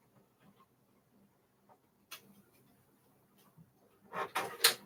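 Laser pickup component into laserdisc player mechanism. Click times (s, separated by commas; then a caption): 4.4 s, 4.6 s. A laser pickup part is moved and fitted into the mechanism of a Pioneer CLD 925 laserdisc player. Faint handling noises and a brief tap at 2.1 s come first, then two quick clicks at 4.4 s and 4.7 s as the part seats into place.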